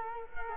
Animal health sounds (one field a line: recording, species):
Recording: mosquito wingbeat signal from an infrared sensor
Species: Culex quinquefasciatus